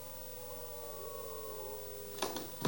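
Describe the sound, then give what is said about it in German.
People on rooftops howl together at the full moon in the middle of the night, in long, wavering, overlapping tones that hold steady for a couple of seconds, then a few short, harsh bursts of noise break in at the end. “Heulst du mit? Was soll das bedeuten? Mitten in der Nacht? Überall Menschen auf den Dächern.”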